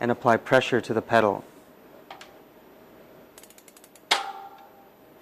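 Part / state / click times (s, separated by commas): bicycle chain quick link in a road bike chain / seated / 4.1 s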